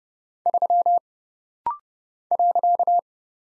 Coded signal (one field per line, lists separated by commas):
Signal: Morse code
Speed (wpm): 30 wpm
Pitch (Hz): 700 Hz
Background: none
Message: 3 .